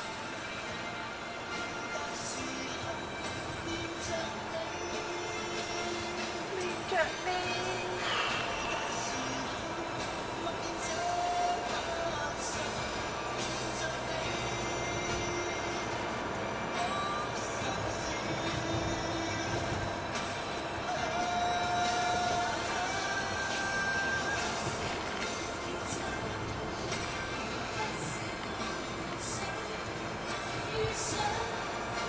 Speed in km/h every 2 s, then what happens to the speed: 35, 36, 36, 37, 40, 45, 49, 52, 54, 55, 55, 54, 54, 50, 47, 45.
0-6 steady at about 36. 6-17 speeds up to 55. 17-24 steady at about 54. 24-32 slows to 45.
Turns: none.